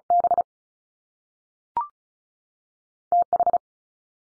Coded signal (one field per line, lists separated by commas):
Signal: Morse code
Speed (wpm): 36 wpm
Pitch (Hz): 700 Hz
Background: none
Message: B T H